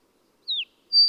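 Bird call notes: a single descending high whistle, then a sustained high whistled note, with silence between.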